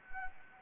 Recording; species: mosquito wingbeat signal from an infrared sensor; Anopheles gambiae